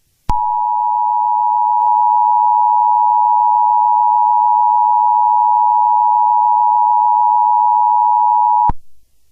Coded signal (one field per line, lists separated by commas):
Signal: Emergency Alert System (SAME) tones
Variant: 853 and 960 Hz attention tone